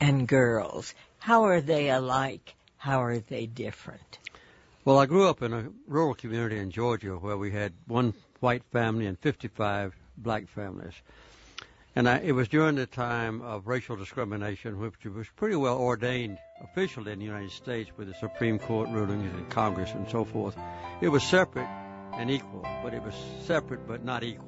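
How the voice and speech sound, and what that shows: Adult male speaker, speaking as an interview guest. Normal speech.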